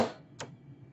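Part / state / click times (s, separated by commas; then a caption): webcam module into the all-in-one display housing / seated / 0.4 s. A replacement webcam module (a Full HD plus IR webcam with an additional rear-facing camera) is pushed down into its slot in the top of the display housing of an HP EliteOne 1000 all-in-one. After a fading noise at the start, a single sharp click at 0.4 s marks the module seating in place.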